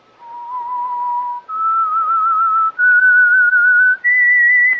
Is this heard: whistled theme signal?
yes